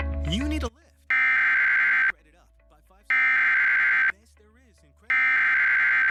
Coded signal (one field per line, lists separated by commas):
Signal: Emergency Alert System (SAME) tones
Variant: header bursts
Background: speech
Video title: EAS #24 - Severe Thunderstorm Warning on TV